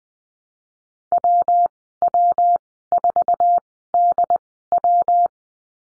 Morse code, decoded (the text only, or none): WW4DW